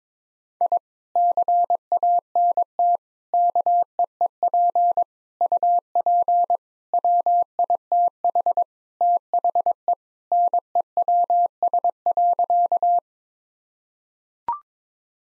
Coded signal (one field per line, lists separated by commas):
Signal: Morse code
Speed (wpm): 22 wpm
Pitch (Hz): 700 Hz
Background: none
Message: I CANT KEEP UP WITH THE NEWS.